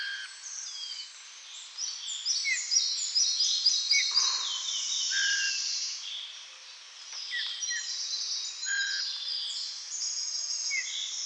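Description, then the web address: Bird song, a dense jumble of high trills and short whistled notes, with brief lower whistles over a steady hiss. "birdsounds GIL"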